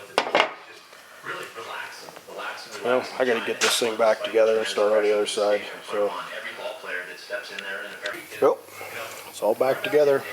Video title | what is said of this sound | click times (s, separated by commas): Front Brake Pad Changeout 2008 Ford Escape | push straight forward like that and he's top till more or less snap right in | 0.2 s